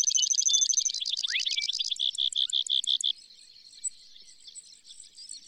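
Bird song: a fast high trill with a brief downward sweep, then a run of loud repeated notes that stops after about three seconds, leaving faint high chirping.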